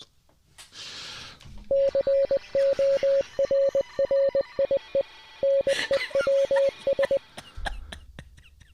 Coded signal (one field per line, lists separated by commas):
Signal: Morse code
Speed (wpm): 20 wpm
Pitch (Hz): 550 Hz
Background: radio noise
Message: CORRIE NEWS